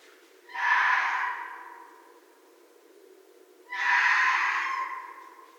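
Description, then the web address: Red fox screams, two loud harsh breathy shrieks about three seconds apart, each sharply starting and then fading. Recorded 2 January 2012. "Red Fox 2012 01 02"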